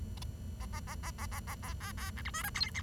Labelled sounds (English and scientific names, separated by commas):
Bengalese Finch (Lonchura striata domestica) song